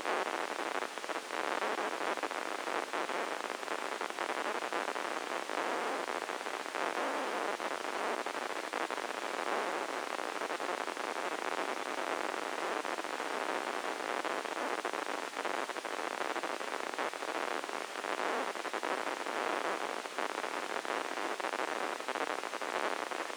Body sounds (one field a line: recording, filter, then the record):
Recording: brain microelectrode recording played as sound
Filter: spike band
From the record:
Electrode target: subthalamic nucleus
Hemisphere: left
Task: reaching with the right hand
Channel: 1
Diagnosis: Parkinson's disease